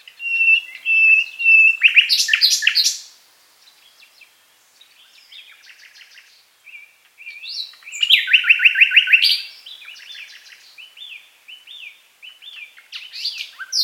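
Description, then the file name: Common nightingale singing varied phrases: a sustained whistle swelling into a loud rattling trill, a pause, then another rich churring burst and softer quick notes. "Luscinia megarhynchos"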